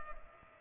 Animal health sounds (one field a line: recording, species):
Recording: mosquito wingbeat signal from an infrared sensor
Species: Culex pipiens